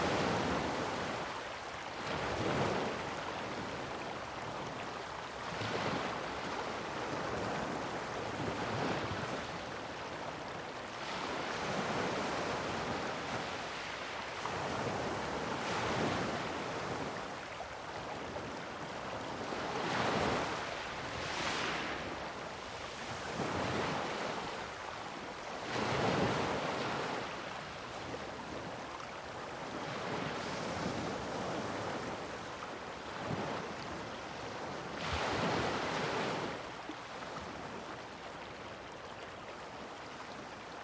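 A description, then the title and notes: Waves wash in against the shore at night, a steady hiss of surf rising into a brighter crash every few seconds, around 2, 6, 11, 16, 21, 26 and 35 seconds. A constant wind rushes underneath, with faint low rumbling at the bottom. Night falls over the sea. The nightfall over Gjipe’s Canyon is an experience in itself, where the waves gracefully dance to the rhythm of the nocturnal sea breeze. It is a solitude soundscape, an enchanting symphony that echoes through the untamed wilderness of Albania. Recorded by Rafael Diogo.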